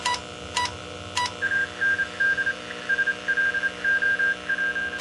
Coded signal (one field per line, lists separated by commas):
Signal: Morse code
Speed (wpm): 26 wpm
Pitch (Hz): 1600 Hz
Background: none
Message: AND SLOW